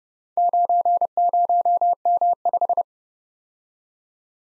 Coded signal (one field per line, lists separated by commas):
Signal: Morse code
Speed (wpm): 31 wpm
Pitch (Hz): 700 Hz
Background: none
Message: 90M5